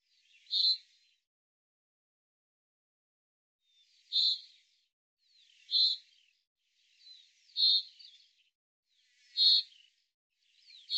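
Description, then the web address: Bird calls, high chirpy notes with faint scratchy sounds between them, one call then a run of five after a long gap. "Deverinetal 2025 File cleaned normalized Bird Fr Co"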